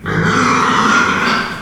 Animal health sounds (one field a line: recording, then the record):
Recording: squeal of a Yucatan mini pig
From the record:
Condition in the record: after surgery on the right vocal fold (resection and tissue-engineered implant)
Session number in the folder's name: 15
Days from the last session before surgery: 175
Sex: female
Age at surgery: 19 weeks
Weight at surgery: 25 kg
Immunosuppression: prednisolone